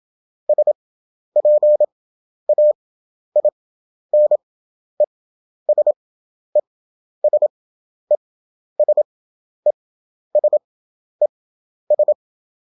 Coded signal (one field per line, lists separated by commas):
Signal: Morse code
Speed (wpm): 27 wpm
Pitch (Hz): 600 Hz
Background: none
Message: SPAIN ES ES ES ES ES